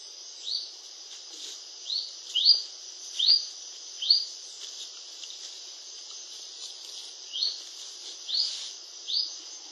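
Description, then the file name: Yellow-olive flycatcher uttering repeated short rising upslurred notes at irregular intervals against a constant high-pitched insect hum. Recorded in Formosa, Argentina. "Picochato grande Formosa"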